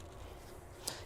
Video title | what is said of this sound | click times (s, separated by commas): Dell PowerEdge R7425 RAID Overview - RAID Card Options - Installation - RAID 5 Server Configuration | And this will just click into place. | 0.9 s